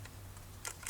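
A lock cylinder is pressed into a new tailgate handle on a 2004 Toyota Tundra (2000–2006 first generation) until its retainer clip snaps, over a steady low hum with a faint tick near the start. Sharp clicks sound at 0.7 s and 0.9 s. The clip seems to snap in but does not hold and comes loose afterward, so the cylinder was not fully home.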